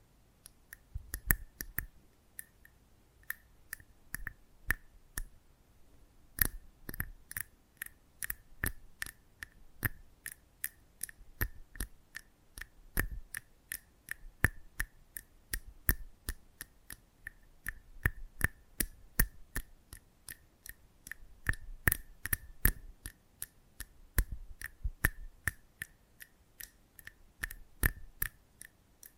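Close-up ASMR mic treatment made of quick, sharp clicks and snips, like scissors, coming in rapid, uneven bursts. Each tick has a bright edge and a slight ringing tone. After a short lull near the five-second mark, the snipping runs on densely to the end.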